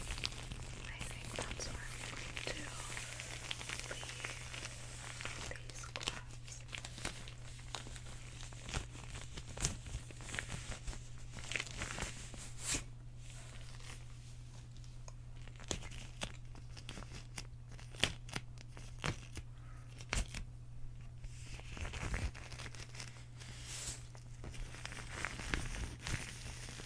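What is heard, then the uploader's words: Gloves rub, crinkle and snap, with dense rustling through the first half and sharper isolated crackles later. A steady low hum runs underneath the whole time, and a few brief louder crinkles stand out. GLOVE Sounds (Latex, Fabric, Etc.)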